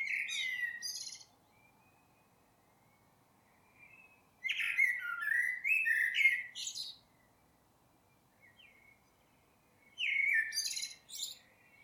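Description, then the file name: Common blackbird singing three phrases several seconds apart, each a deep whistled warble with a shrill, twittering tail. "Turdus merula"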